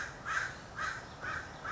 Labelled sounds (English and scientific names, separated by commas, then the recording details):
American Crow (Corvus brachyrhynchos)
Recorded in Sonoma County, California